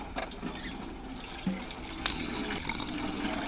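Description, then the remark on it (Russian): Petrol gushes steadily from a large metal tap on a tank into a canister, a continuous rushing, splashing hiss with a few small knocks and clicks along the way; no one speaks. “Откручивает большой металлический кран, идущий из цистерны. Наливает бензин в канистру.”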